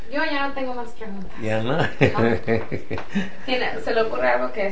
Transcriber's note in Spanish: risas